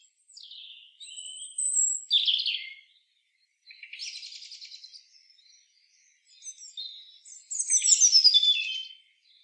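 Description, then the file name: European robin song: separate phrases of high thin whistles, rattling trills and warbled notes, each a few seconds long with short silent gaps. "Erithacus rubecula"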